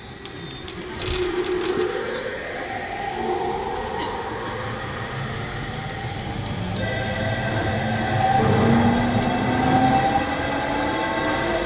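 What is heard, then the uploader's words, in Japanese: An E231 series Yamanote Line train on the outer loop, heard as a continuous rumble with a steady low rattle throughout. Rising and falling whining tones sweep across the clip, and the sound grows louder around eight seconds as the motor pitch shifts. E231系 山手線外回り01 東京～東京。2010年代当時山手線で主力車両だった、E231系山手線外回りを収録したものです。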